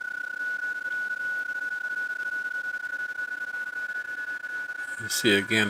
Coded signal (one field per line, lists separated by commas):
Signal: PSK31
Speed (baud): 31.25 baud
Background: speech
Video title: PSK31 with the FTDX10 and FLDIGI 6-5 2026